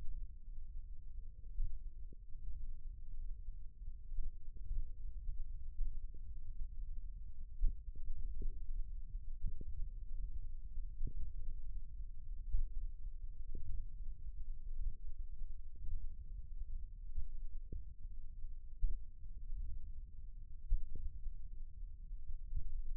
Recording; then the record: forearm muscle sounds (acoustic myography)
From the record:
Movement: thumb flexion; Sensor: system 1, eight BSWA MPA416 microphones around the upper forearm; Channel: 6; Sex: male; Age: 54 years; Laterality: right